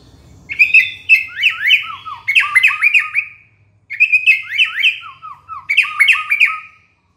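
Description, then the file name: Shama delivering two fast runs of clear, descending whistled notes, each run lasting about three seconds, with a short silence between them. From Borneo. "murai batu borneo"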